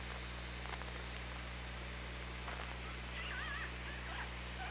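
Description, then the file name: Orca call, a wavering whistled tone late, faint against constant underwater hiss, low hum and soft clicking. OrcaLab hydrophone recording, 24 August 2017, 16:03. "Orca Lab UTLN JASON 20170824 160343"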